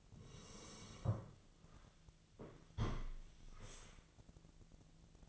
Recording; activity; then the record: daily activity, microphone in the room; sit down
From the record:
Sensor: 4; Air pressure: 1001.2 hPa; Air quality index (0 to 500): 181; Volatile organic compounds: 2 ppm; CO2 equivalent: 1298 ppm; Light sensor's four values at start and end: 14/33/13/14 and 14/33/14/14